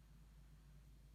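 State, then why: Not seated. A metal jewelry jump ring is being closed with pliers, twisted back and forth while pushed toward the center so its ends come together. Only a steady low hum and faint background noise are heard, with no distinct sounds. Nothing has clicked or seated yet.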